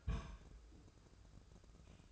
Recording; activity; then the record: daily activity, microphone in the room; place on stove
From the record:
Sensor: 2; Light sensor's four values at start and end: 20/68/26/25 and 20/68/26/25